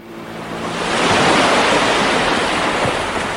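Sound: sea waves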